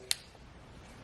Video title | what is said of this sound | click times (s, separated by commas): MAEXUS Flexible Drill Bit Extension, Explore Flexible Extensions | You hear the snap? | 0.1 s